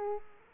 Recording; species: mosquito wingbeat signal from an infrared sensor; Aedes aegypti